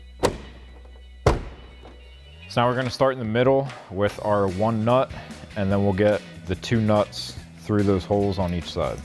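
A black plastic inner trunk lid trim panel on a 2024-2026 Mustang Fastback, with its studs already lined up with the holes, is given a firm push during a SpeedForm Dark Horse style rear spoiler install so its clips snap into the trunk lid. A lighter knock at 0.3 s is followed by a loud thunk at 1.3 s as the panel seats. Music plays throughout, and someone talks from about 2.5 s on.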